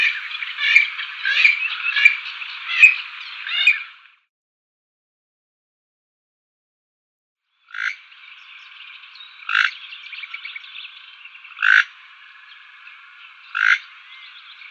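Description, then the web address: Purple swamphen calls: a burst of harsh, nasal squawks for four seconds, a silent gap, then a droning buzzy rattle punctuated by four loud sharp notes about two seconds apart. "Schulze Peter Purple Swamphen"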